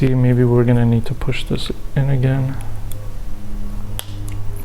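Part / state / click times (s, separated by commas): key fob inner part into replacement plastic fob case / seated / 4.0 s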